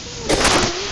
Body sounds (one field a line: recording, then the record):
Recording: coughing mixed with background sound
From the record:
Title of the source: 55 gaggy wet cough